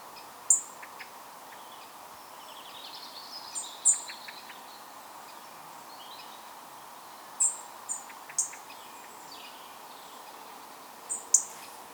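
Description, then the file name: European robin ticking: high, sharp clicks in small clusters, with faint thin chirps between them and a low steady hiss. "Erithacus rubecula"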